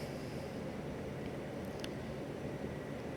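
A plastic brake pad wear sensor connector on a 2016–2023 Audi Q7 is plugged into the vehicle-side wiring harness connector behind the front brake. Over a steady low broadband rumble, a single sharp click is heard at 1.8 seconds as the connector seats.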